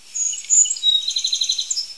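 Song Sparrow song: a few bright, separate introductory notes, then a quick, even trill of many repeated high notes.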